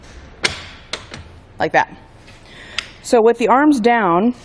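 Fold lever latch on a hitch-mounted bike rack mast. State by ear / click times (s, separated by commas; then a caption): seated / 0.4 s. The fold lever latch on the mast of a Thule Apex XT hitch-mounted bike rack for 2 bikes, fitted on a 2019 Subaru Forester, is pressed down with the arms moved forward and gives a sharp click at 0.5 s, followed by a few fainter taps. Someone then talks. The lever is latched down and the rack is in place.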